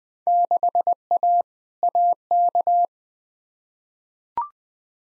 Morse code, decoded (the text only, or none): 6A AK